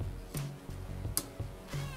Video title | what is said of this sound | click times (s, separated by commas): Convoi: Montage Sd.Kfz 7 - Partie 4 | tu vois, ça clipse un peu. | 1.2 s